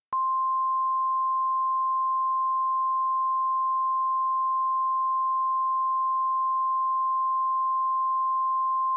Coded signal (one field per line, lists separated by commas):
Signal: Emergency Alert System (SAME) tones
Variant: 1050 Hz attention tone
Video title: EAS SCENARIO: The Ultimate Hijacking *Valid EAS tones